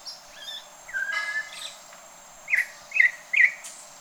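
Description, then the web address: Campo troupial calls: a brief slurred whistle, then three short, bright, clipped notes spaced about half a second apart. "Campo Troupial. صدای-پرنده-پری-نارنجی-کامپو"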